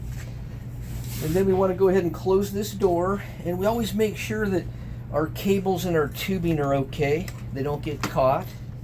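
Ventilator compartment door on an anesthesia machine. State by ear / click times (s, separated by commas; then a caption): not seated / none. Someone talks while handling the ventilator compartment door on a GE Aestiva 5 anesthesia machine during reassembly of the ventilator components, checking that the cables and tubing are not caught before closing it. A steady low hum runs underneath. The door has not yet latched and nothing has clicked.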